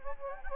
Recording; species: mosquito wingbeat signal from an infrared sensor; Anopheles gambiae